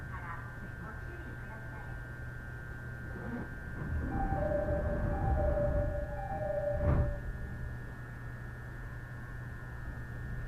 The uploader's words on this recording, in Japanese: 鉄道旅 内房線快速 千葉→木更津。